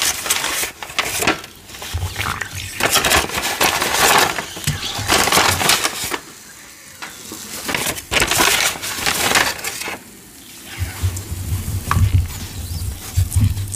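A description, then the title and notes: Dye pours over soft gym chalk in dense crackling, sizzling bursts, with brief quieter gaps near six and ten seconds and low rumbling underneath. Dying a Big Batch of Gym Chalk Deep Blue. ASMR Pouring Dye Over Soft Gym Chalk.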